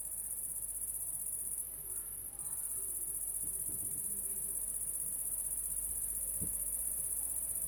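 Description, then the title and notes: Cricket song, a constant high trill that thickens briefly early on, with a few faint low knocks and a click toward the end. Crickets at La Sablière, Saint-Privat-de-Champclos, France; recorded with a Zoom H6 and an M/S microphone. "30430 Saint-Privat-de-Champclos, France - cricket la sabliére. cricket la sabliére Captation : ZOOMH6 + M/S Microphone"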